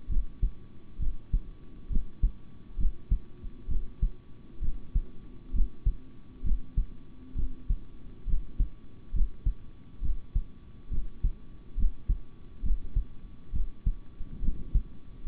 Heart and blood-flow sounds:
heart sounds by stethoscope; between the tricuspid and mitral areas; 67 bpm
0.08 s: heartbeat
0.99 s: heartbeat
1.89 s: heartbeat
2.77 s: heartbeat
3.67 s: heartbeat
4.60 s: heartbeat
5.52 s: heartbeat
6.43 s: heartbeat
7.35 s: heartbeat
8.26 s: heartbeat
9.12 s: heartbeat
10.01 s: heartbeat
10.90 s: heartbeat
11.76 s: heartbeat
12.62 s: heartbeat
13.52 s: heartbeat
14.41 s: heartbeat
15.25 s: heartbeat
From the record:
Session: rest, sitting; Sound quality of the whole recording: good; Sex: male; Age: 26 years

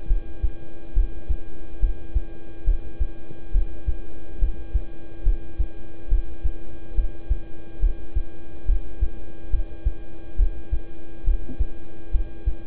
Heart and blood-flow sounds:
heart sounds by stethoscope; between the tricuspid and mitral areas; 70 bpm
0.07 s: heartbeat
0.94 s: heartbeat
1.80 s: heartbeat
2.64 s: heartbeat
3.52 s: heartbeat
4.39 s: heartbeat
5.23 s: heartbeat
6.09 s: heartbeat
6.95 s: heartbeat
7.80 s: heartbeat
8.66 s: heartbeat
9.50 s: heartbeat
10.36 s: heartbeat
11.24 s: heartbeat
12.11 s: heartbeat
From the record:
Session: rest, lying down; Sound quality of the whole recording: good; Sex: male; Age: 26 years

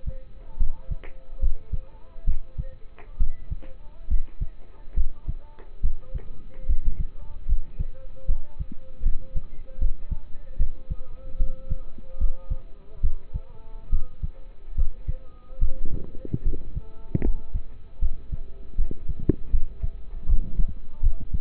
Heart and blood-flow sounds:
heart sounds by stethoscope; between the tricuspid and mitral areas; 73 bpm
0.58 s: heartbeat
1.40 s: heartbeat
2.25 s: heartbeat
3.18 s: heartbeat
4.08 s: heartbeat
4.95 s: heartbeat
5.81 s: heartbeat
6.66 s: heartbeat
7.46 s: heartbeat
8.26 s: heartbeat
9.03 s: heartbeat
9.79 s: heartbeat
10.57 s: heartbeat
11.37 s: heartbeat
12.18 s: heartbeat
13.01 s: heartbeat
13.90 s: heartbeat
14.75 s: heartbeat
15.59 s: heartbeat
16.43 s: heartbeat
17.22 s: heartbeat
17.99 s: heartbeat
18.76 s: heartbeat
19.51 s: heartbeat
20.26 s: heartbeat
21.01 s: heartbeat
From the record:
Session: rest, lying down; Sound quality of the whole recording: partially saturated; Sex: male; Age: 27 years

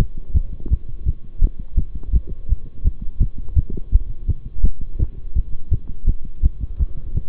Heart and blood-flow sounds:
heart sounds by stethoscope; between the tricuspid and mitral areas; 167 bpm
0.34 s: heartbeat
0.70 s: heartbeat
1.06 s: heartbeat
1.41 s: heartbeat
1.77 s: heartbeat
2.13 s: heartbeat
2.49 s: heartbeat
2.85 s: heartbeat
3.20 s: heartbeat
3.56 s: heartbeat
3.92 s: heartbeat
4.28 s: heartbeat
4.63 s: heartbeat
4.99 s: heartbeat
5.36 s: heartbeat
5.71 s: heartbeat
6.07 s: heartbeat
6.43 s: heartbeat
6.79 s: heartbeat
7.15 s: heartbeat
From the record:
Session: bicycle stress test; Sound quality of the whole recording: good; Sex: male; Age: 23 years

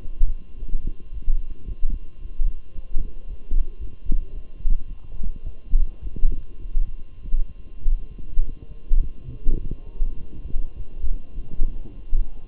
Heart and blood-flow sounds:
heart sounds by stethoscope; between the tricuspid and mitral areas; 106 bpm
0.56 s: heartbeat
1.11 s: heartbeat
1.65 s: heartbeat
2.19 s: heartbeat
2.73 s: heartbeat
3.26 s: heartbeat
3.78 s: heartbeat
4.32 s: heartbeat
4.86 s: heartbeat
5.42 s: heartbeat
6.00 s: heartbeat
6.59 s: heartbeat
7.20 s: heartbeat
7.82 s: heartbeat
8.42 s: heartbeat
9.00 s: heartbeat
9.58 s: heartbeat
10.16 s: heartbeat
10.74 s: heartbeat
11.33 s: heartbeat
11.93 s: heartbeat
From the record:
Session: walking at 3.7 km/h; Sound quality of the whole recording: good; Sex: male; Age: 23 years

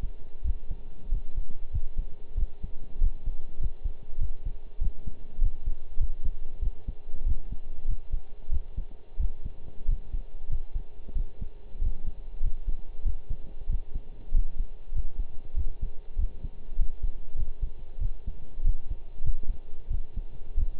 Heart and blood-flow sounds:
heart sounds by stethoscope; between the tricuspid and mitral areas; 95 bpm
0.44 s: heartbeat
1.12 s: heartbeat
1.73 s: heartbeat
2.37 s: heartbeat
3.01 s: heartbeat
3.61 s: heartbeat
4.21 s: heartbeat
4.81 s: heartbeat
5.41 s: heartbeat
6.00 s: heartbeat
6.62 s: heartbeat
7.26 s: heartbeat
7.88 s: heartbeat
8.52 s: heartbeat
9.19 s: heartbeat
9.88 s: heartbeat
10.50 s: heartbeat
11.15 s: heartbeat
11.81 s: heartbeat
12.43 s: heartbeat
13.05 s: heartbeat
13.69 s: heartbeat
14.34 s: heartbeat
14.95 s: heartbeat
15.56 s: heartbeat
16.18 s: heartbeat
16.79 s: heartbeat
17.38 s: heartbeat
18.01 s: heartbeat
18.64 s: heartbeat
19.24 s: heartbeat
19.90 s: heartbeat
20.57 s: heartbeat
From the record:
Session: pedaling a stationary bicycle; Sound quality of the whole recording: partially saturated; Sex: male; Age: 23 years

